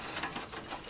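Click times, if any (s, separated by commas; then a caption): none. A latching SATA cable connector is being handled and pushed onto the drive, with soft, broadband rustling and light scraping throughout and no sharp transient. Nothing has seated or clicked yet, and the connector has not snapped into place.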